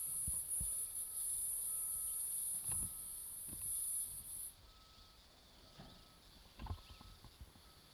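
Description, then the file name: Cicada song, a high steady buzz that stops abruptly about halfway, leaving quiet background with scattered low knocks and clicks. Recorded at Zuurberg Pass. "P chalybaea Zuurberg Pass"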